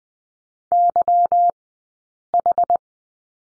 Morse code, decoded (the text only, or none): YH